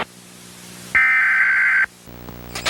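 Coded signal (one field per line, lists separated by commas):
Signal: Emergency Alert System (SAME) tones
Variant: header bursts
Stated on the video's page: Mock EAS alerts, simulated.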